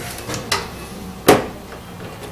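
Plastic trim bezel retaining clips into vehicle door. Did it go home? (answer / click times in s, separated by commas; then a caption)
yes / 0.5 s, 1.3 s. A plastic trim bezel is pushed onto a GMC/Chevy vehicle door so its three retaining clips snap into place, with sharp snaps at 0.5 s and 1.3 s. The bezel ends up seated, with the clips snapped in.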